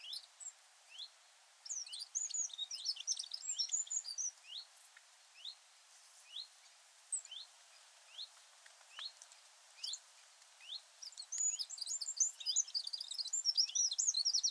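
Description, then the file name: Eurasian wren song: rapid high trills and twittering bursts at the start and end, with sparse rising ticks repeated about every second in between. "Troglodytes troglodytes"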